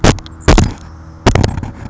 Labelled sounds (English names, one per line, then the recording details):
Savannah Sparrow
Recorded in Sonoma County, California